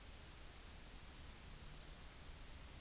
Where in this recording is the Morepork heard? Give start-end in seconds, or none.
none